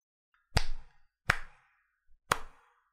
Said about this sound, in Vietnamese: Tiếng vỗ tay tán thưởng từ cánh cửa võ đường vang lên.